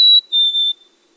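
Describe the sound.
Chickadee giving a clear two-note whistle, a higher note then a slightly lower, longer note, once, with a quiet background.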